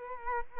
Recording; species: mosquito wingbeat signal from an infrared sensor; Culex quinquefasciatus